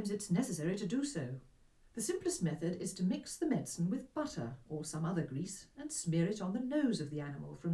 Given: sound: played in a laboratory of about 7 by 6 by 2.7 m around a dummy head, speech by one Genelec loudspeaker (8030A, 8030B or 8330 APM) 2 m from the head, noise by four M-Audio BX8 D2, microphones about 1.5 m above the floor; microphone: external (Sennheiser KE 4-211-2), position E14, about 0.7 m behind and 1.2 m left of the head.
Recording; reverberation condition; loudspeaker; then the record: female speech in English; low; 90 degrees to the right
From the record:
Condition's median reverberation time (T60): about 310 ms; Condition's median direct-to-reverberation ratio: about 3.5 dB